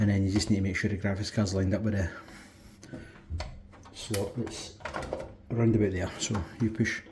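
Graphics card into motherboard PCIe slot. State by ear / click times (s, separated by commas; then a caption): not seated / none. A graphics card is handled and lined up with the PCIe slot on a motherboard inside a case while someone talks, with brief handling knocks near 2.8 and 3.4 seconds. The card is not yet pushed home, and nothing has seated or clicked yet.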